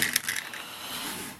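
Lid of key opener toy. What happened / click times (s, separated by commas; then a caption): The toy's spring-loaded lid pops open / 0.2 s. The lid of a plastic key opener toy from the Power Rangers Super Megaforce Legendary Megazord set springs open with a sharp clatter at 0.2 s, followed by a few lighter rattles and a soft hiss. It releases and reveals the key inside.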